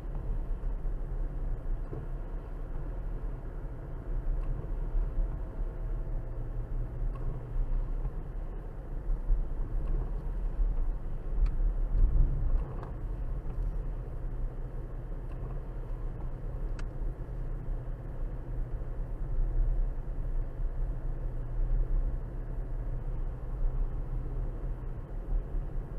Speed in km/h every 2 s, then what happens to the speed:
44, 44, 44, 42, 44, 45, 44, 44, 44, 44, 44, 44, 44.
0-26 steady at about 44.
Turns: none.